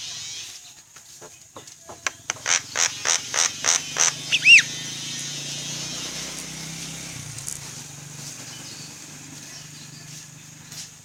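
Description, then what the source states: Javan myna song: a few clicks, then several loud harsh notes in quick succession ending in a rising-falling whistle, followed by background hiss. Bird singing actively, described as gacor.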